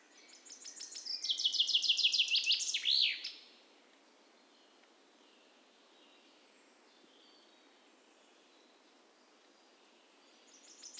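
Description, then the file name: Common chaffinch delivers one trill of sharp chirps ending in a flourish, then a long quiet before another phrase begins at the very end. "Fringilla coelebs"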